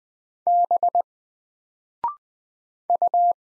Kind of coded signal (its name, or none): Morse code